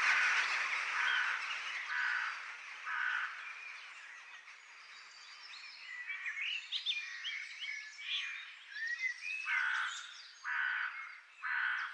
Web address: sonido de cuervos tras un disparo de canon de aire comprimido en un campo de golf